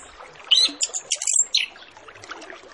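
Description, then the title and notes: Orange-headed Thrush song: a short, dense, jumbled warble of high whistles and chattering notes, with soft hiss behind. Full 'masteran' training track with 'isian' fill-in phrases, used as a lure to prompt Orange-headed Thrushes to start singing quickly and openly. "Masteran Anis Kembang Full Isian Untuk Suara Pancingan Anis Kembang Agar Cepat Ngeplong. Suara Burung Anis Kembang"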